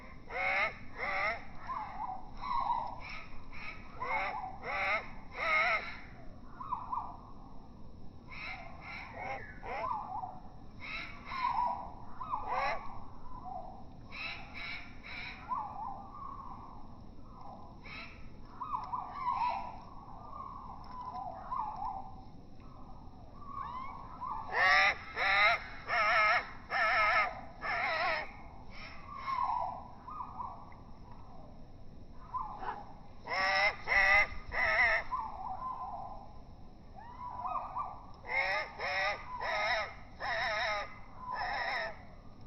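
A young great tit begs insistently, giving harsh, buzzy, rasping calls in quick bursts that come in clusters every few seconds, growing louder and denser around 25, 34 and 40 seconds. A soft, steady low rumble runs underneath throughout.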